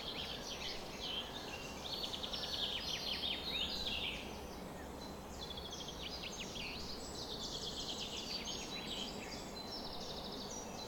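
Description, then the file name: Dawn chorus of many birds, rapid repeated chirps and trilled bursts layered from several singers, with a continuous low rumble underneath. Bird chorus on a summer morning at 4:40 am. "summer morning bird chorus-4 40 am in cobs"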